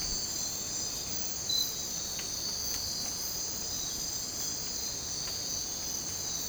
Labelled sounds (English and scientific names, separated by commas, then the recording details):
none
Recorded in dense forest near Puerto Asís, Putumayo, Colombia, on 22 December 2024 at 03:30
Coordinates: 0.466, -76.327
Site G075